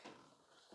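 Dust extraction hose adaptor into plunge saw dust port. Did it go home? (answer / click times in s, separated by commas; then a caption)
no / none. A plastic quick-click dust extraction hose adaptor is handled at the dust port of a Makita 240-volt plunge saw, producing quiet, low rustling and contact sounds with a sharper burst right at the end, at 0.8 s. The adaptor has not yet been pushed home, and nothing has seated or clicked yet.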